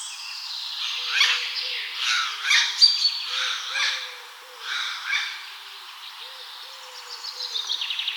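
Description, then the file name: Eurasian jay giving harsh, rasping calls in a few broad bursts, then quieter chattering notes toward the end. "Garrulus glandarius"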